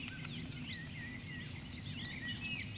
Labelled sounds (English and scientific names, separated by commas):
Eurasian Woodcock (Scolopax rusticola) whistle, Eurasian Woodcock (Scolopax rusticola) croak